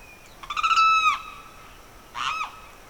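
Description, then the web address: Bird calls: a loud, harsh, buzzy note that starts with quick pulses and holds level for about half a second, then a shorter rough note. Evening birdsong in the Pantanal swamp, rural South America. "The BBC Sound Effects Library - Complete 60 CDs Collection Sound Effects Library- (Rural South America) Evening Birdsong, Pantanal Swamp"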